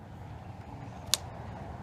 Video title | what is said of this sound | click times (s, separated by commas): Upgrading to Ridgid Gen5x from Craftsman C3 19 2 | it makes a little click and it's almost like it cams into place | 1.1 s